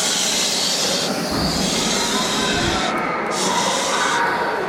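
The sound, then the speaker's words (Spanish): Strong wind blows through a forest in a loud, steady roar, a dense rushing hiss across the whole stretch with slight surges and dips in the higher tones, with no voices over it. “Y el viento muy fuerte.”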